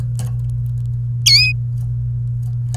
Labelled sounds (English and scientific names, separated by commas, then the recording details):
Domestic Canary (Serinus canaria) song
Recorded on 29 April 2018 at 05:43
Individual llb3